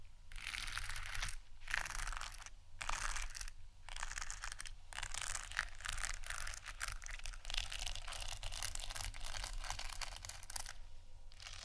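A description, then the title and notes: Dry scratching across placemats fills most of the clip, a dense rasping texture broken by short gaps near 1.5, 2.5, 3.5 and 4.8 seconds. Brief crisp taps and crackles sit within the scraping, and a low steady rumble runs underneath throughout. ASMR Scratching & Tapping 2 Magic Placemats（No Talking）.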